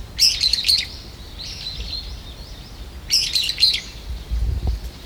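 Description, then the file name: Brown-eared bulbul uttering two shrill, raspy squealing calls about three seconds apart, each made of several rapid grating notes, with quiet low rumbling between. "hiyodori"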